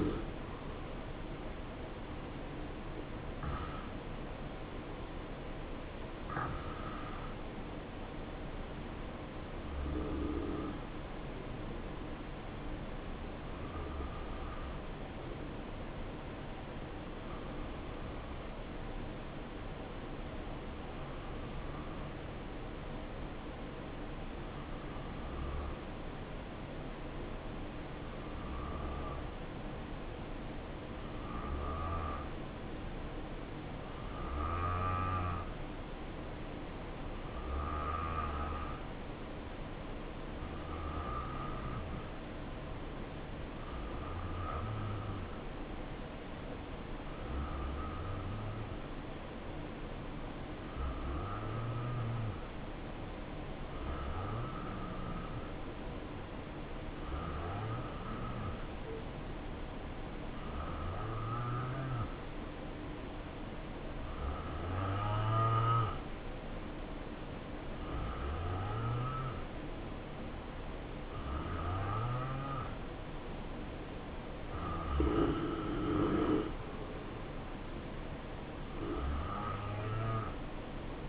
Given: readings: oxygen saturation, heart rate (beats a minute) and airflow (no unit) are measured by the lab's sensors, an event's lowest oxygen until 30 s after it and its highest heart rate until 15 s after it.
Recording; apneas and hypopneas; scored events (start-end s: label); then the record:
breathing in sleep by a voice recorder at the bedside; 1
6.00-69.60 s: hypopnea (N2, oxygen 93% highest, then 87% lowest, heart rate 65 at the start, 68 highest)
From the record:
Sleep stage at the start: N2 (light sleep); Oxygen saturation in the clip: 87 to 93%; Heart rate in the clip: 59 to 68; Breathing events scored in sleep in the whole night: 277 in 7.4 hours asleep